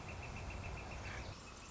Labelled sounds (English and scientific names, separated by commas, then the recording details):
Northern Flicker (Colaptes auratus)
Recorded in Sonoma County, California